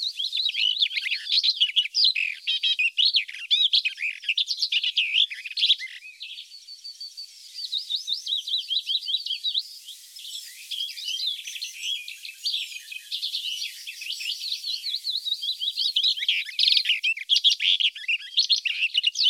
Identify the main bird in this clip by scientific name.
Sylvia nisoria